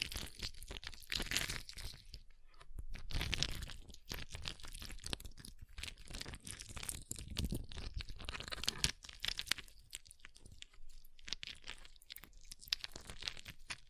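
Ice is scratched and carved in a steady run of short, crunchy scrapes and taps, dense and irregular throughout. The sound is bright and gritty, with a louder, smoother scraping stretch around the third and fourth seconds and sharp clicks scattered between strokes.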